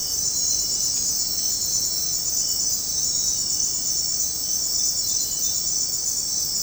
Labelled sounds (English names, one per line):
none